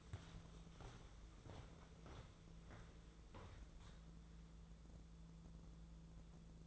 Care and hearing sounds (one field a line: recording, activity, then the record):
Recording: daily activity, microphone in the room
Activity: walk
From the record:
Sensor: 3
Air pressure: 1005.4 hPa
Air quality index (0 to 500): 94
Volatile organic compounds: 3 ppm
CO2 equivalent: 1462 ppm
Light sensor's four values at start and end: 9/21/9/8 and 10/24/10/9